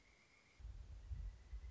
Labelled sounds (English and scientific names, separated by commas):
Pileated Woodpecker (Dryocopus pileatus)